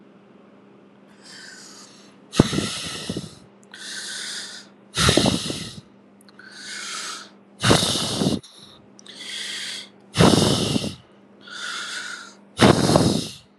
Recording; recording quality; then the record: shallow breathing; excellent, no background noise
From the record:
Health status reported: healthy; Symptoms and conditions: hypertension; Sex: male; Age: 49 years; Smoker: yes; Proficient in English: yes